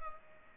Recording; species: mosquito wingbeat signal from an infrared sensor; Culex pipiens